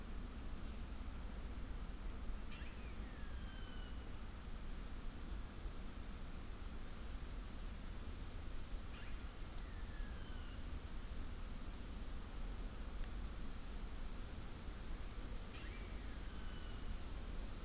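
A steady, low rushing roar fills the Wyre valley forest, while a bird gives short, bright, falling whistles about every six seconds.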